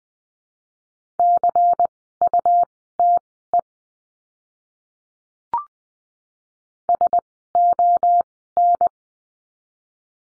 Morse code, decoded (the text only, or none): CUTE SON